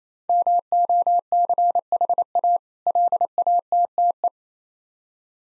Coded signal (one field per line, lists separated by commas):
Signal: Morse code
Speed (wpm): 28 wpm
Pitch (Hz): 700 Hz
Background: none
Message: MOCHA LATTE